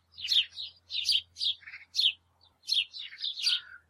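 Bird calls: an uneven run of bright, chirpy notes, several quick and twittering, with a lower buzzy note near the middle.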